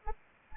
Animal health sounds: mosquito wingbeat signal from an infrared sensor; Anopheles arabiensis

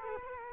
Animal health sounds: mosquito wingbeat signal from an infrared sensor; Culex quinquefasciatus

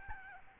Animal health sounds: mosquito wingbeat signal from an infrared sensor; Aedes albopictus

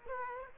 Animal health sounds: mosquito wingbeat signal from an infrared sensor; Aedes aegypti

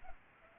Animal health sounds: mosquito wingbeat signal from an infrared sensor; Culex pipiens

